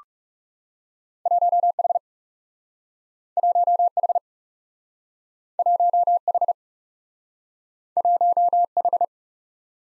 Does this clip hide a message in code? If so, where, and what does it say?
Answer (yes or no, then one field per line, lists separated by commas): yes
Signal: Morse code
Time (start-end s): 1.3-9.0 s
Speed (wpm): 38 wpm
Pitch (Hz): 700 Hz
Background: none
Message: 1 H 1 H 1 H 1 H